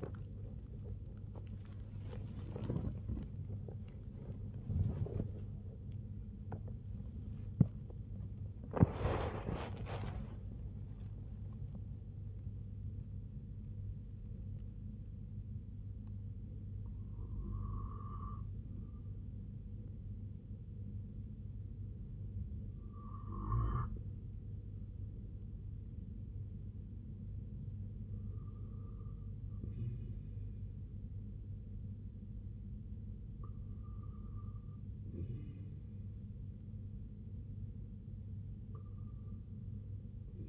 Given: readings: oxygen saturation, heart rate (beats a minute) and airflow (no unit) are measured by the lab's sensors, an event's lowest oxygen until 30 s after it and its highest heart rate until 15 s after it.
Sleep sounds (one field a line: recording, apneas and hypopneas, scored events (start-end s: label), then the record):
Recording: breathing in sleep by a smartphone at the bedside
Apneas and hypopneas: none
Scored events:
8.00-40.49 s: new sleep stage, N1 (lightest sleep)
From the record:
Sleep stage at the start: REM sleep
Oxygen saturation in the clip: 96 to 98%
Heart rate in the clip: 52 to 87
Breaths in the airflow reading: 4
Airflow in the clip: -10.1 to 13.3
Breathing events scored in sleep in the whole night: 258 in 7.4 hours asleep